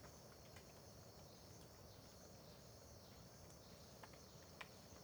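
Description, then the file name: Cricket chorus holding an even high-pitched drone, with occasional clicks. Crickets at Terra Ronca park near the road at dawn, with dripping water; AB stereo recording. "Ambiencia parque terra ronca perto da estrada amanhecer com bacurau, gotejar, grilos"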